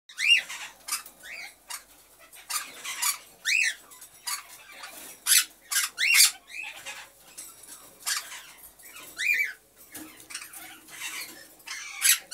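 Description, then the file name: Senegal parrot calls: sharp squawks and arched whistled notes, dipping and rising, given in irregular bursts with short pauses between them. Hand-tame talking Senegal parrot named Alik. "ruchnoj govoryashhij senegalskij popugaj alik"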